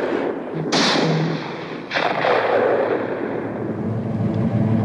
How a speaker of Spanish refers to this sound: Y apuntó. El disparo retumbó en la dársena, como los que le siguieron.